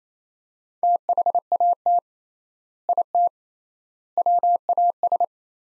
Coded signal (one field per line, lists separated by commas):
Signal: Morse code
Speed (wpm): 28 wpm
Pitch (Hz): 700 Hz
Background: none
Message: THAT IT WAS